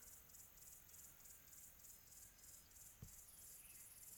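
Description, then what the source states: Cricket chirping in even pulses over a low hum, with a single sharp knock near the end. Quiet tropical atmosphere.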